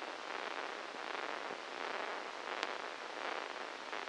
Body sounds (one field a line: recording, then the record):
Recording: brain microelectrode recording played as sound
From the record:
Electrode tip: inside the subthalamic nucleus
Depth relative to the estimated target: -1 mm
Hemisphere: left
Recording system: NeuroSet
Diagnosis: Parkinson's disease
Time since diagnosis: 13 years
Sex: male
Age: 63 years